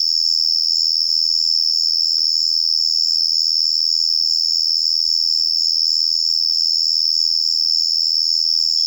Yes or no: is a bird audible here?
no